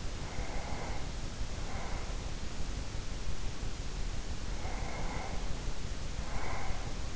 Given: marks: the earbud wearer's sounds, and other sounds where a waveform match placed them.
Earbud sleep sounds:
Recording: sounds in sleep by an in-ear microphone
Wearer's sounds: breath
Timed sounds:
0.14-2.42 s: breath
4.43-7.16 s: breath

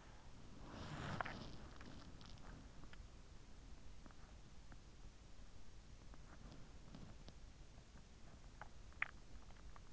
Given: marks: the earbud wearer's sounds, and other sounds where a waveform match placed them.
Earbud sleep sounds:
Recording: sounds in sleep by an in-ear microphone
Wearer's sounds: body movement, swallowing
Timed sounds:
0.00-2.90 s: body movement
8.42-9.73 s: swallowing

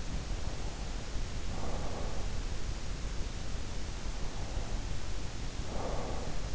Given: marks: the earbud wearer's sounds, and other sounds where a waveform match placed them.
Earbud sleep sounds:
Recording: sounds in sleep by an in-ear microphone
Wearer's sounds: breath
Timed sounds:
0.11-2.39 s: breath
4.11-6.54 s: breath

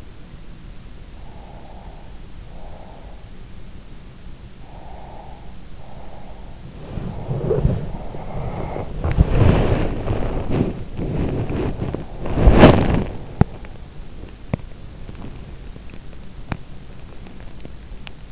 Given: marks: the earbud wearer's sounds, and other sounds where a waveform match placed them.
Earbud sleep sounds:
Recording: sounds in sleep by an in-ear microphone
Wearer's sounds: breath, body movement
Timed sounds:
1.25-3.26 s: breath
4.56-6.70 s: breath
6.78-18.32 s: body movement

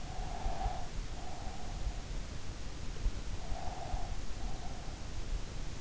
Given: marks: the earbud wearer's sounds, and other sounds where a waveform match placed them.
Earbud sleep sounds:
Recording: sounds in sleep by an in-ear microphone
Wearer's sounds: breath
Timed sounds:
0.00-2.38 s: breath
3.42-5.23 s: breath

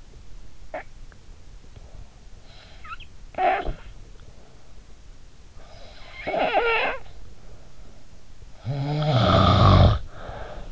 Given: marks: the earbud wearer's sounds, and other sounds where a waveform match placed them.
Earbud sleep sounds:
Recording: sounds in sleep by an in-ear microphone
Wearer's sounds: snoring breath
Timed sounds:
0.00-1.58 s: snoring breath
2.92-4.71 s: snoring breath
5.89-7.69 s: snoring breath
8.54-10.72 s: snoring breath

